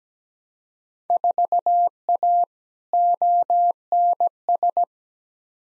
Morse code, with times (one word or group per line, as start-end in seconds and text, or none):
1.1-2.4 4A
2.9-4.8 ONS